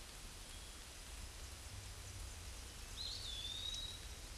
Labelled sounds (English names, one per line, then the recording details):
Eastern Wood-Pewee song
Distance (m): 25 m
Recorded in a Pennsylvania forest on 18 May 2023 at 13:30
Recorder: AudioMoth, point grid1_40_low
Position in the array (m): 123 m, 203 m